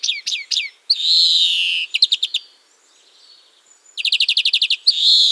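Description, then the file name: European greenfinch delivering quick falling chirps, fast trills of repeated notes and drawn-out nasal wheezes, all high-pitched. "carduelis chloris"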